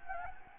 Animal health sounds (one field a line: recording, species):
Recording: mosquito wingbeat signal from an infrared sensor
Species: Anopheles gambiae